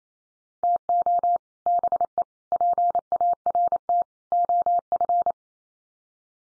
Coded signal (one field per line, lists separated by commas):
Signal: Morse code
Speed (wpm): 28 wpm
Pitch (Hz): 700 Hz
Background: none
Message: TO BE PART OF